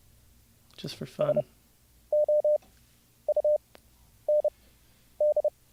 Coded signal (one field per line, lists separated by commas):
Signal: Morse code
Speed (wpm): 32 wpm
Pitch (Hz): 600 Hz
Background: speech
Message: SOUND